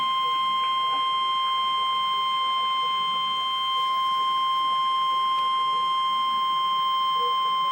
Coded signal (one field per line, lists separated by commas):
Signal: Emergency Alert System (SAME) tones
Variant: 1050 Hz attention tone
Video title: REAL EAS 550-Severe thunderstorm warning